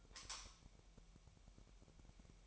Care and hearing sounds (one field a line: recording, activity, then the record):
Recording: daily activity, microphone in the room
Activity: light off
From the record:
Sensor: 1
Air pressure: 1001.9 hPa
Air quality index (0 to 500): 249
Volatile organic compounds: 55 ppm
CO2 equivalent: 3356 ppm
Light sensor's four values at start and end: 14/48/19/19 and 5/11/4/5